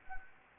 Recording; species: mosquito wingbeat signal from an infrared sensor; Anopheles gambiae